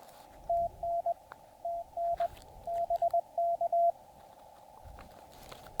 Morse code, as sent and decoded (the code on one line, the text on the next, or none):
- -. / - -. / .... -.-
TN TN HK